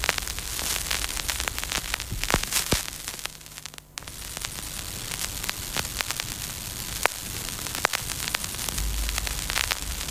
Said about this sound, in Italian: Il fruscio fa parte del disco, ovviamente.